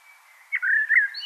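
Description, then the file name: Common blackbird brief melodious warbled whistle over a steady background hiss. "Turdus merula"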